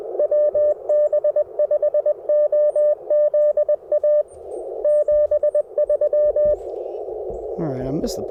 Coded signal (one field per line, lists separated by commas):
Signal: Morse code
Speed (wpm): 21 wpm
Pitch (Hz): 600 Hz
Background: speech, radio noise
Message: WB5OZA 73